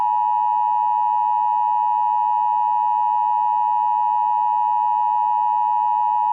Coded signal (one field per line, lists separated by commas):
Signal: Emergency Alert System (SAME) tones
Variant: 853 and 960 Hz attention tone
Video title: Zom-V-A20: An EAS mock scenario